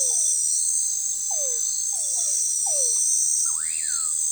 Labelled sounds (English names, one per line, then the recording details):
Common Pauraque
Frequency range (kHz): Common Pauraque 0.6-3.4 kHz
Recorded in forest near Pivijay, Magdalena, Colombia, on 17 April 2023 at 20:30
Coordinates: 10.467, -74.380
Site Z5-G034